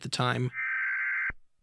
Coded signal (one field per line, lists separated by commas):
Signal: Emergency Alert System (SAME) tones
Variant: header bursts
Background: speech